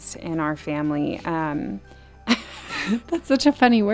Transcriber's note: chuckles